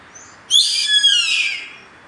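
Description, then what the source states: Bird calling with a single coarse, breathy screech of about a second, slightly wavering, then silence. Recorded in Brazil.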